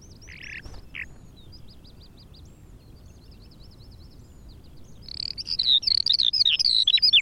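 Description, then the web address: Eurasian skylark song: soft high trills and chirps at first, then a loud fast run of warbled notes in the last two seconds. Recorded at Silver Strand. "Silver Strand videos skylark"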